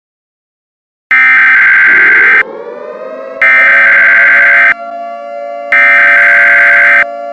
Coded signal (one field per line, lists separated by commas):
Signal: Emergency Alert System (SAME) tones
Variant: header bursts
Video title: EAS Scenario #1: Zombi-Nado